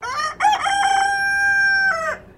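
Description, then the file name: Silkie chicken crowing: a rough opening note, then a long steady drawn-out tone that breaks off sharply after about two seconds, with faint background hiss. "BIRD CHICKEN SILKIE CROW"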